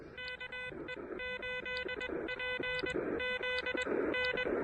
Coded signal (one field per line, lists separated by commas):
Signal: Morse code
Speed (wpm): 21 wpm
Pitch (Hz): 2000 Hz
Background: music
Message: KE8PZN